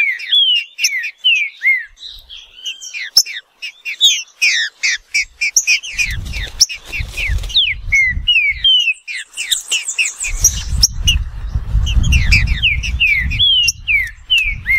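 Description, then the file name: Green-winged saltator delivering long runs of loud, slurred whistled notes in quick succession; low rumbling noise underlies the second half. "canto do trinca ferro"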